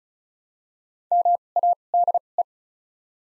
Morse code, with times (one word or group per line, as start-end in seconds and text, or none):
1.1-1.4 M
1.6-1.7 A
1.9-2.2 D
2.4-2.4 E